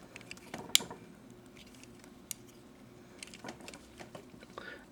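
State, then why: Seated. Plastic back pieces of a transforming toy robot are flipped around in their hinges until they lock into place. Soft plastic ticks and handling rustles are heard throughout, with a sharp, loud click at 0.8 s as the pieces seat, followed by a smaller tick around 2.3 s.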